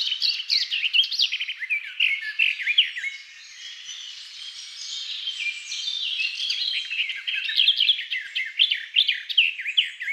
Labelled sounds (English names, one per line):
Garden Warbler song